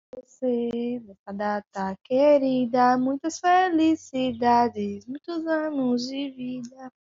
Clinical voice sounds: short text; Brazilian Portuguese; female; 20 to 29 years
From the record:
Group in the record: control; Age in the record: 22 years

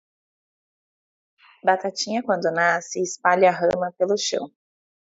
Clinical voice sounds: short text; Brazilian Portuguese; female; 30 to 39 years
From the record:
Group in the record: control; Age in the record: 34 years

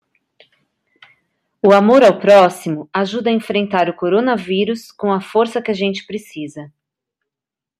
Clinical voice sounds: spoken sentence; Brazilian Portuguese; female; 50 to 59 years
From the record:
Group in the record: control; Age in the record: 50 years

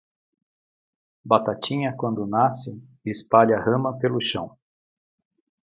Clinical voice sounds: short text; Brazilian Portuguese; male; 50 to 59 years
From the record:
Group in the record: control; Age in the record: 55 years

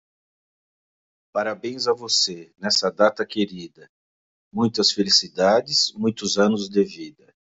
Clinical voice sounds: short text; Brazilian Portuguese; male; 50 to 59 years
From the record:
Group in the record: control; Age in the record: 56 years

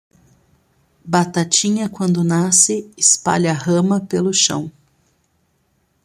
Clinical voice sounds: short text; Brazilian Portuguese; female; 30 to 39 years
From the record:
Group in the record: control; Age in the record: 36 years

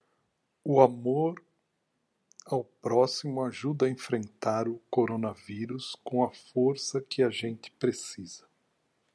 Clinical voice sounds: spoken sentence; Brazilian Portuguese; male; 60 to 69 years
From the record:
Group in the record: control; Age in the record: 61 years

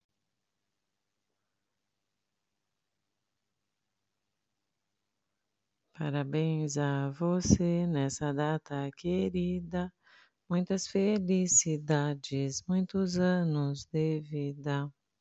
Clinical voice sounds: short text; Brazilian Portuguese; female; 50 to 59 years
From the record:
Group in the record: control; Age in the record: 54 years

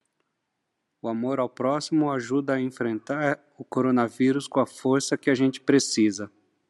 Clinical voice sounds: spoken sentence; Brazilian Portuguese; male; 40 to 49 years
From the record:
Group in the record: control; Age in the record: 41 years

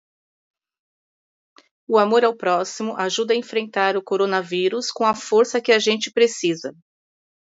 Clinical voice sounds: spoken sentence; Brazilian Portuguese; female; 50 to 59 years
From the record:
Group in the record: control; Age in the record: 53 years

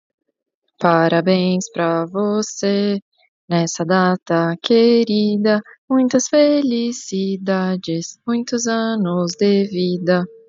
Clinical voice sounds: short text; Brazilian Portuguese; female; 30 to 39 years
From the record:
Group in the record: control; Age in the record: 30 years

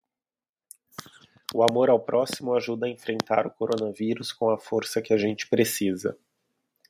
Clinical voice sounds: spoken sentence; Brazilian Portuguese; male; 30 to 39 years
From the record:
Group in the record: control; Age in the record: 38 years

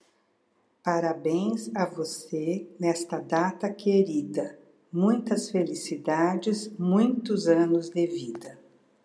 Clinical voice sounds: short text; Brazilian Portuguese; female; 60 to 69 years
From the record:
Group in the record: control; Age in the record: 62 years

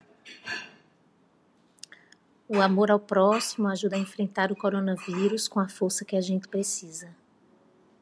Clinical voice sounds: spoken sentence; Brazilian Portuguese; female; 40 to 49 years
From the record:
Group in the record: control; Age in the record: 42 years

